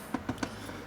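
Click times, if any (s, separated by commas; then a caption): none. A shifter assembly is pushed and rotated to drop it into the metal case of a 1965 Harley panhead 4-speed FL/FLH transmission being rebuilt. Only three light rattling knocks are heard, at about 0.1, 0.3 and 0.4 seconds. The assembly is binding and has not seated or clicked into place yet.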